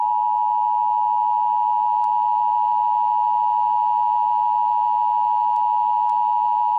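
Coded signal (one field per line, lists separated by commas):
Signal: Emergency Alert System (SAME) tones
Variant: 853 and 960 Hz attention tone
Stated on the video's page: Fictional EAS scenario based on the game Sprunki.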